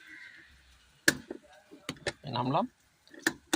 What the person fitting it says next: এই কট কট কট কট করে আওয়াজ হচ্ছে, এটা মানে হচ্ছে হ্যান্ড ব্রেক।